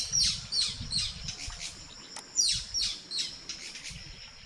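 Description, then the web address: Green-and-rufous kingfisher uttering quick bursts of high, piercing downslurred notes, with a brief pause midway before the series resumes. Calls and songs of a pair, recorded in the eastern lowlands of South America. "Natures Songs S America Eastern Lowlands. Chloroceryle inda, calls and songs pair"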